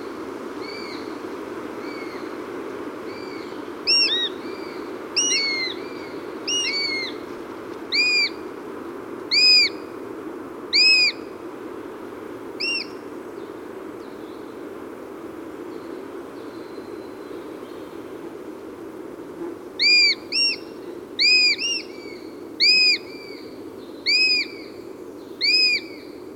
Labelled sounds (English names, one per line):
Eurasian Sparrowhawk call